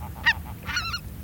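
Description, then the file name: Greater white-fronted goose: greater white-fronted geese calling as a flock, short yelping honks and a higher squeaky cackle in quick succession over a low rumbling background. Flock chatter of greater white-fronted geese, a recording for an electronic hunting caller. "Белолобый базар"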